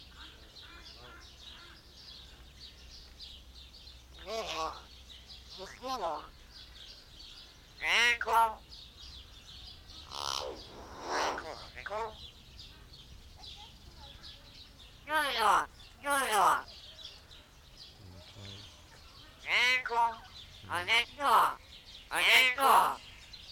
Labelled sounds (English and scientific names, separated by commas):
Common Hill Myna (Gracula religiosa)